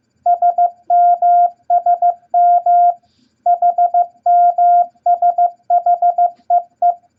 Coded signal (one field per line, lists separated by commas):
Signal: Morse code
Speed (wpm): 15 wpm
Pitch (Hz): 700 Hz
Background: none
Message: SMSM HMSHEE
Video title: Morse Code Practice Beginner Set EISHTMO At 15 Words Per Minute #3!